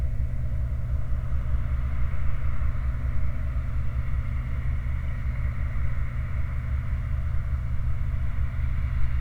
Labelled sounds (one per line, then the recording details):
machinery
flare stack
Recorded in the Prudhoe Bay oil fields, Alaska, on 29 July 2019 at 05:53
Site 29